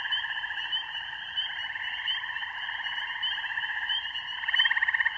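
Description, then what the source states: Spring peeper: frogs calling in a thick, unbroken chorus of high trills, with a louder rapid pulsed series standing out near the end. Mating song of spring peepers with other frogs; rural beaver pond, evening, recorded on an iPhone.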